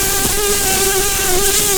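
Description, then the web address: Brown-banded carder bee buzzing, a steady droning hum held at one even pitch with rich overtones, unbroken throughout. Queens. "bumblebees learning set sounds Humilis-queens"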